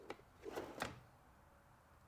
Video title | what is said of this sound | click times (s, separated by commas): How to Install Undermount Drawer Slides | Clicks into place. | 0.1 s, 0.8 s